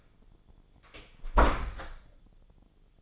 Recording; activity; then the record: daily activity, microphone in the room; close door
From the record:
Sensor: 5